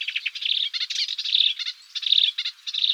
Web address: Hippolais polyglotta